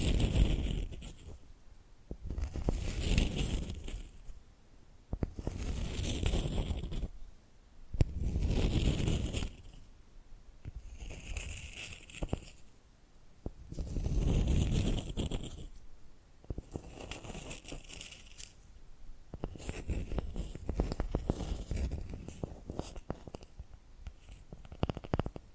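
Scratching and tapping sounds arrive in repeated swells, each burst lasting about one to two seconds and separated by brief quieter gaps. The rasping strokes are dense and bright, with a soft rumbling underneath. After about twenty seconds the pattern becomes more continuous and steady.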